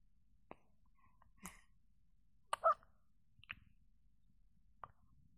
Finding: Newborn baby hiccup.